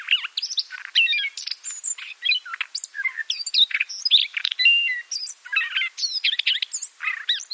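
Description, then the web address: Siberian rubythroat singing a continuous, fast medley of varied whistles, chirps and scratchy notes, high-pitched and rich, with barely any pause throughout. "Schulze Peter Siberian Rubythroat song"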